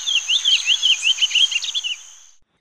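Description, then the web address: Olive-crowned Yellowthroat song, a quick run of warbled, rising and falling notes lasting about two seconds, over a steady high insect hum. Recorded in Ecuador. "Birds of Ecuador. Olive-crowned Yellowthroat"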